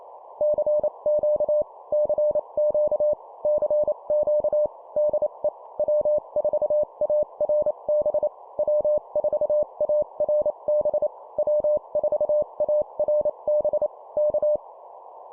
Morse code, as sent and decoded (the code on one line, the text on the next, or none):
-.-. --.- / -.-. --.- / -.-. --.- / -.. . / .-- ....- .- .-. -... / .-- ....- .- .-. -... / .-- ....- .- .-. -... / -.-
CQ CQ CQ DE W4ARB W4ARB W4ARB K